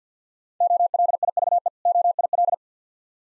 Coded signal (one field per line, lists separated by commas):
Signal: Morse code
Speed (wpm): 50 wpm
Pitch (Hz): 700 Hz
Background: none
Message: OLIVE OIL